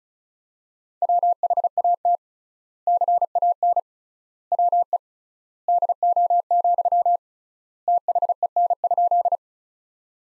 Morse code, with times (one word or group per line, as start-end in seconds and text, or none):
1.0-2.2 WHAT
2.9-3.8 CAN
4.5-5.0 WE
5.7-7.2 DO,
7.9-9.4 THEN?